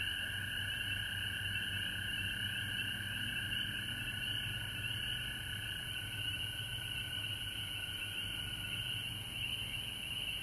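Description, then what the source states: Frog chorus as a continuous high trilling hum over a softer lower tone, above a faint low rumble. Recorded at home in Georgia on March 19, 2020.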